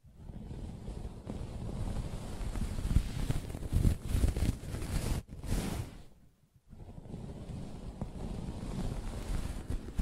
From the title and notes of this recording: ASMR Soft Fabric Surface Tapping & Scratching (No Talking).